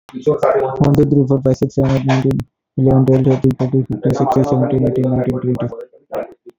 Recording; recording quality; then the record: counting at a fast pace; excellent, no background noise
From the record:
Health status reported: exposed to COVID-19, no respiratory illness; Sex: male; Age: 32 years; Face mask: not worn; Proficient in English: yes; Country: India